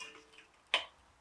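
A second metal shim is pressed onto the backing plate of a rear brake pad for a 2016 Vauxhall Mokka. After quiet handling noise, a sharp click at 0.7 s shows the shim has snapped into place and is seated, and another sound starts right at the end.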